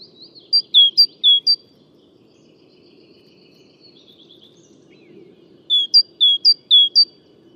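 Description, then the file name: Great tit calling in quick two-note phrases, a high note dropping to a lower one, repeated about twice a second in two bursts, over a steady low hum. "Parus major"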